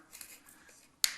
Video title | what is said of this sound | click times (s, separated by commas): The Odd Job Do'Er add some Surround Sound to the Home Theater! | in here and click | 1.0 s